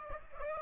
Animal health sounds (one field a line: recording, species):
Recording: mosquito wingbeat signal from an infrared sensor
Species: Aedes aegypti